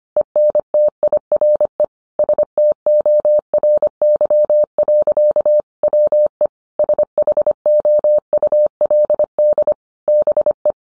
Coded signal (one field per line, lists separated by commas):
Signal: Morse code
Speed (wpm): 25 wpm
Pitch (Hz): 600 Hz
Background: none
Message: ENTIRE STORY. WE SHOULD BE